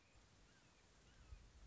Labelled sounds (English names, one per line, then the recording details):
Red-shouldered Hawk
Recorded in Sonoma County, California